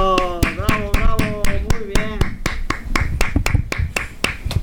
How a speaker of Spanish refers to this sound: Pues ya hemos terminado. Muy bien, un aplauso. Bravo.